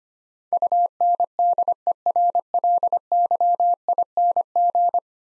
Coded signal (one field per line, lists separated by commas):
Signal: Morse code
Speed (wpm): 25 wpm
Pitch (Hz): 700 Hz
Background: none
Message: UNDERLYING